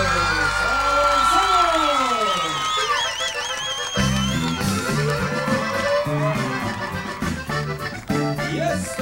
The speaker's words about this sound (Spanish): Gracias por sus aplausos.